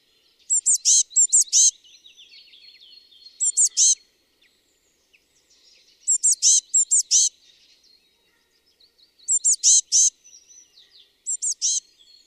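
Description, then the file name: Eurasian blue tit giving short clusters of sharp, high-pitched chirps every few seconds, some bursts longer than others, with faint twittering between. "Cyanistes caeruleus"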